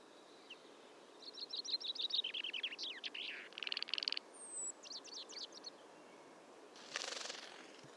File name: Fringilla coelebs